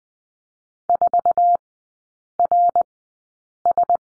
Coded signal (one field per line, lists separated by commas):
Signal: Morse code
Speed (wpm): 20 wpm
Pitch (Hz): 700 Hz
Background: none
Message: 4RS